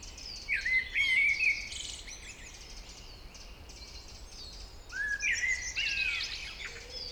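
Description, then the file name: Common blackbird song: two fluted warbling phrases separated by a pause, each trailing into thin, high, squeaky notes, over a soft background hiss. "Turdus merula"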